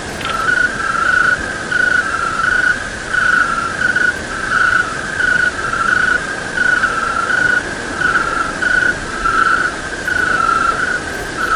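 Cricket song: a ringing tone pulsing in repeated bursts, continuing without pause over background hiss.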